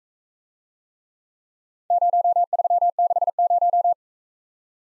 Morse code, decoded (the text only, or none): 0360